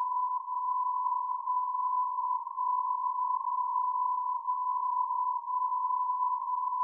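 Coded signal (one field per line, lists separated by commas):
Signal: radio time signal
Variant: DCF77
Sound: continuous 1 kHz beat tone with brief, faint level dips roughly each second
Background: radio static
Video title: DCF77 77.5kHz from D, 10 Jan 2022 04:39-04:45utc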